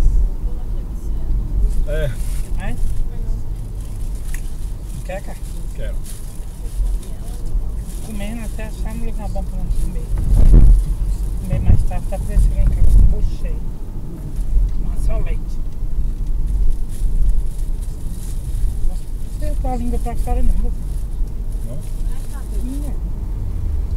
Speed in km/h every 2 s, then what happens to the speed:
64, 63, 64, 63, 63, 63, 63, 55, 54, 54, 57, 60.
0-12 steady at about 63. 12-15 slows to 54. 19-24 speeds up to 60.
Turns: 12-19.